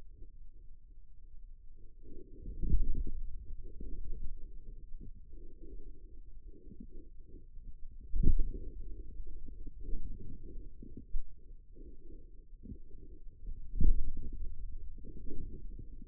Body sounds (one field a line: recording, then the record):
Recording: forearm muscle sounds (acoustic myography)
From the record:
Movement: finger pinch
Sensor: system 2, bracelet of six BSWA MPA416 microphones around the upper forearm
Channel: 6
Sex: male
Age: 22 years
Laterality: right